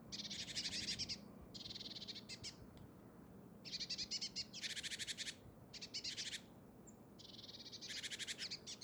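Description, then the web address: Great tit harsh buzzy churring calls in long rattling bursts, several runs back to back with short gaps. "SETE Parus major"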